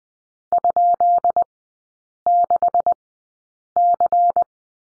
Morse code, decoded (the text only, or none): ?6C